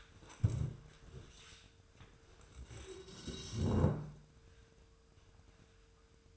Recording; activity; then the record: daily activity, microphone in the room; stand up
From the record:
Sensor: 2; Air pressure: 1005.2 hPa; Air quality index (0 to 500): 100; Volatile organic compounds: 2 ppm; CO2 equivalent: 1216 ppm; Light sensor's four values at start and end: 7/17/7/7 and 7/17/7/7